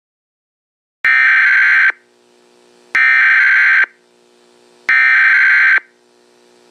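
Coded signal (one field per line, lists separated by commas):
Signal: Emergency Alert System (SAME) tones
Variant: header bursts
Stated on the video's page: Fictional EAS scenario.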